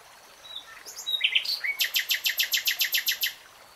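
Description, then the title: Nightingale song: soft introductory notes, then a loud series of about a dozen fast, evenly repeated strokes. Nightingale singing, recorded in real time. "[Tiếng chim hót] Nightingale Singing"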